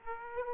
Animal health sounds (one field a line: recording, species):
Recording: mosquito wingbeat signal from an infrared sensor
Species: Aedes aegypti